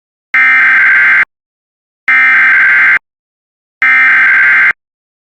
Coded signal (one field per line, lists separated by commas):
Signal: Emergency Alert System (SAME) tones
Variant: header bursts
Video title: Tornado Warning for McLeod, Renville, and Sibley, MN (EAS #161)